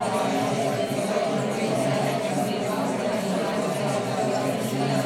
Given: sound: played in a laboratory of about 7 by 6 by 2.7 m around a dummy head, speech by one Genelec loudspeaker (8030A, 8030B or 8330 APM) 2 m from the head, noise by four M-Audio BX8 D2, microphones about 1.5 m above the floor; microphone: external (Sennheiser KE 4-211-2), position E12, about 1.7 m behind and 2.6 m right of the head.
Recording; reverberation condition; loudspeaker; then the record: babble noise; medium; four, about 170 cm from the corners of the room and facing them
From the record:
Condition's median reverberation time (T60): about 510 ms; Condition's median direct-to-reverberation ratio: about -0.5 dB